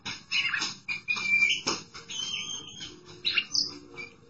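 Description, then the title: Oriental magpie-robin song of varied chirps, buzzy notes and a sustained whistle, mixed with sharp clicking sounds and pauses between bursts. Chirping song (kicauan) of the bird. "Suara Kicauan Burung Kacer Durasi Panjang"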